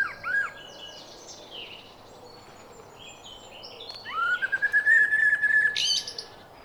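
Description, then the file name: Common blackbird song: a few arched notes, then a long, steady fluted phrase with a high squeaky twitter at its end. "Turdus merula"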